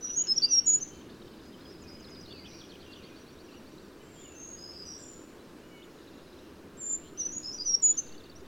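Bird song: brief bursts of high, thin whistled notes at the start and again near the end, with fainter high notes between, over steady low background noise.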